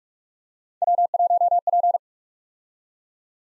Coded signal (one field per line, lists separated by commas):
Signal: Morse code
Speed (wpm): 44 wpm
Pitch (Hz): 700 Hz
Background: none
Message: W1P